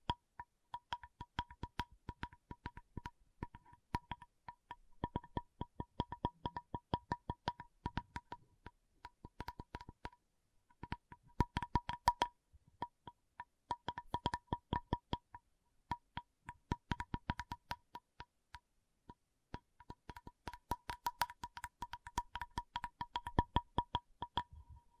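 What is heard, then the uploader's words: Tapping goes on in quick, irregular bursts, each tap a sharp click with a faint ringing tone underneath. Runs of rapid taps alternate with short pauses around 10 and 15 seconds, and the densest, loudest stretch comes near the end. Tapping Session (No Talking).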